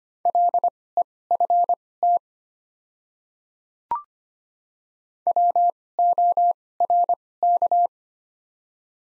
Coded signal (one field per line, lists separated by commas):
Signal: Morse code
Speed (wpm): 25 wpm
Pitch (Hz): 700 Hz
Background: none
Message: LEFT WORK